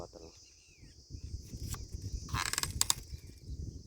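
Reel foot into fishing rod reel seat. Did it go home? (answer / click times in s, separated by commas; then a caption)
yes / 2.8 s, 2.9 s. A fishing reel's foot is inserted sideways into the reel seat of a fishing rod and twisted, since turning it this way makes it lock. Light knocks at 2.5–2.6 s lead into two sharp clicks at 2.8 and 2.9 s as the reel locks into the seat, while someone talks. The reel ends up seated and locked.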